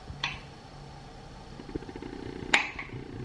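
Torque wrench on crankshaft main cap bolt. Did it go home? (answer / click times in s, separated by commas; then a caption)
yes / 2.5 s. A torque wrench is tightened on a steel main cap bolt on a crankshaft until it clicks at its set torque at 2.5 s, finishing the first bolt. A brief sharp tick is heard near the start, then low ratcheting and creaking as the wrench turns. The loud, bright click at 2.5 s is followed by a softer tick at 2.8 s.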